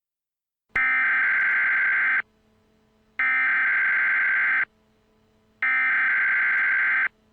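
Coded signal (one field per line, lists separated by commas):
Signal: Emergency Alert System (SAME) tones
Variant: header bursts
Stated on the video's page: Fictional mock EAS scenario made with EAS Creator 3.0 software.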